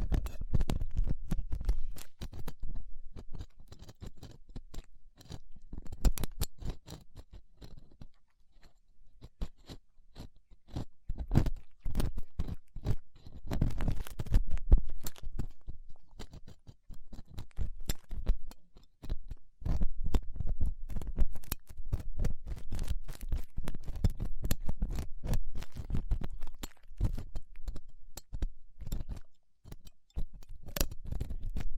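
Ear cleaning with latex gloves, a dental pick and cotton swabs: dense, irregular crinkling and scraping clicks, with brief quieter pauses throughout.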